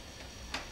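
A PCI bracket retention clip on a computer case is pressed back into place over the bracket of a GT620 graphics card. A single sharp click sounds at 0.5 s over a low, steady background hiss. The clip seats.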